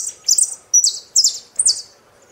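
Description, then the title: Saffron finch song: several loud, buzzy, high phrases, each sliding downward, about every half second. "Jilguero Argentino"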